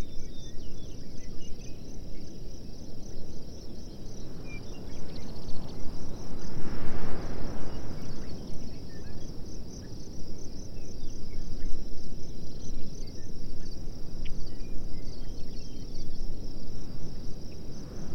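A prairie dawn chorus, carried mostly by a steady, high, pulsing trill of insects or crickets that runs the whole time. Beneath it is a dense, low rumble of wind or ground noise that swells around seven seconds and again near the end. Faint scattered calls flicker above.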